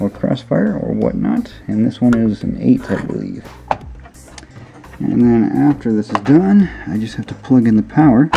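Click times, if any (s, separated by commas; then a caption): none. Someone talks while handling a graphics card over a motherboard's PCIe x16 slot, with brief quiet taps and knocks around 4.0 to 4.8 seconds. The card has not yet been pressed home, and nothing has seated or clicked yet.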